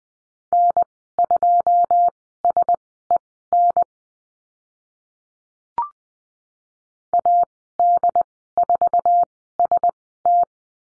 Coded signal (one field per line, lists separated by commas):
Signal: Morse code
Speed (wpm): 20 wpm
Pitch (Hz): 700 Hz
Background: none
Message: N2SEN AD4ST